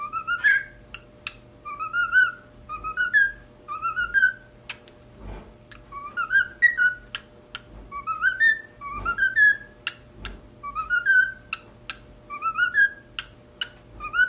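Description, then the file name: Cockatiel song: a steady series of short rising whistled phrases, each slurred upward, repeated about every second, interspersed with clicks. "Cockatiel Singing"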